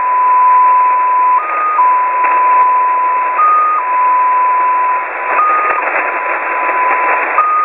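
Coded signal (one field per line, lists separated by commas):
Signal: numbers station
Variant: XPA2 polytone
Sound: a steady tone in hiss that occasionally steps up slightly, then returns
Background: radio static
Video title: Russian XPA2 polytone number station at 14538 kHz (long message)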